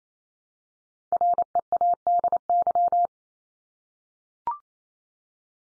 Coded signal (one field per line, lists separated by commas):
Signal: Morse code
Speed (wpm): 28 wpm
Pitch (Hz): 700 Hz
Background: none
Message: READY